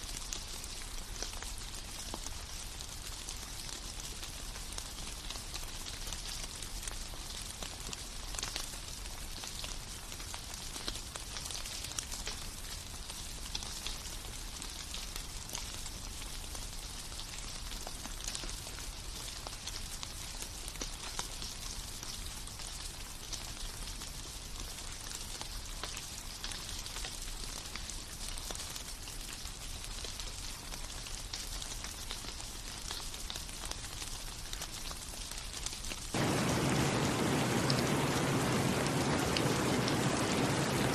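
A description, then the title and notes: Rain falls in a steady, dense patter of fine crackling drops with a soft low rumble beneath, holding even for most of the stretch. At about 36 seconds the sound abruptly shifts to a louder, uniform hiss that fills everything to the end. Serene Rain.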